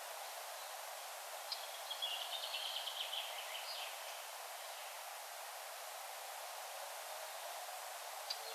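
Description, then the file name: Eurasian blackcap singing one brief, faint warbled phrase of quick mid-high notes, then quiet, against a steady background hiss. "Sylvia atricapilla"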